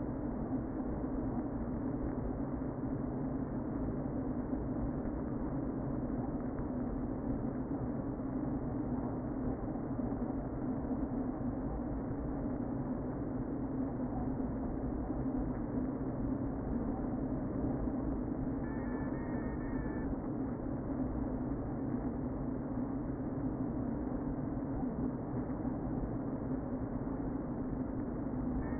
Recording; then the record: honeybee colony, microphone inside the hive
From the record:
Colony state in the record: queen present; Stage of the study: before two queens were removed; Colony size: about 60,000 bees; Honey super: yes